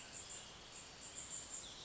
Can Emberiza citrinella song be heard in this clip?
no